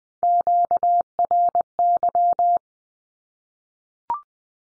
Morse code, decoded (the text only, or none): QRY